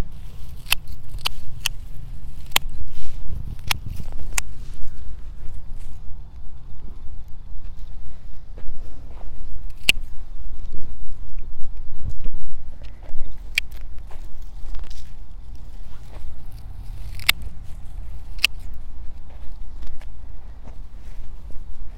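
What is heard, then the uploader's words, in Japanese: Hoe work weeding a carrot bed: sharp scraping and clicking strikes land every second or two over a low steady rumble outdoors. 残暑の午前中 人参中耕と除草。32℃\\23 ℃/晴れのち曇り。クワで通路の草を取り払い、ハサミで人参の近くに生えた大きめの草を切り、さらに草抑えと土の中に空気を送るため軽くスジ蒔きした人参の列の間を耕します(中耕)。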